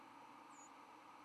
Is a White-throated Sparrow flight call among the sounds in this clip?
yes